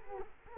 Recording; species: mosquito wingbeat signal from an infrared sensor; Culex quinquefasciatus